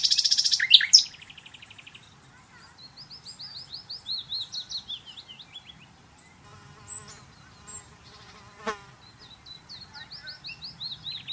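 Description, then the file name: Common nightingale song opening with a harsh loud burst, then runs of rapid sliding notes separated by pauses. A sharp click sounds partway through. "Luscinia megarhynchos"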